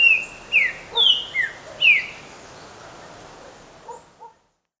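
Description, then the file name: Lesser Antillean saltator song: a quick run of five clear, down-slurred whistles in the first two seconds, then a few faint notes before silence. "Lesser Antillean Saltator Saltator albicollis"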